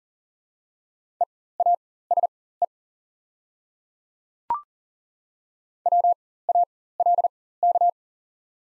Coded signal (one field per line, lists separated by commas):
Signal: Morse code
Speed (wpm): 42 wpm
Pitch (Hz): 700 Hz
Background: none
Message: EASE WALK